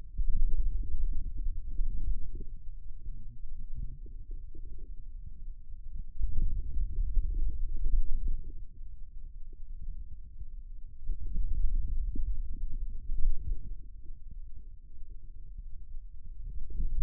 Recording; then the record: forearm muscle sounds (acoustic myography)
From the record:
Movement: pen grasping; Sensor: system 2, bracelet of six BSWA MPA416 microphones around the upper forearm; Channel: 6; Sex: male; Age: 22 years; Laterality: right